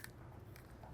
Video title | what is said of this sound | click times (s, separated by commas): BMW DCT Parking Lockout Mechanism Repair DIY (2010-2016 BMW E90 335is, E82 135i, E89 Z4 sDrive35i) | uh I just heard a click so that's done | 0.0 s